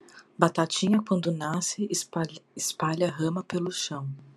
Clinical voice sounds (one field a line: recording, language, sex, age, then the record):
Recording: short text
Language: Brazilian Portuguese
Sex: female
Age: 30 to 39 years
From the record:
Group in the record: control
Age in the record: 32 years